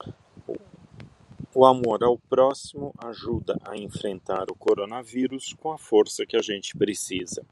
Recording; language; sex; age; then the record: spoken sentence; Brazilian Portuguese; male; 50 to 59 years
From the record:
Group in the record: control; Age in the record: 57 years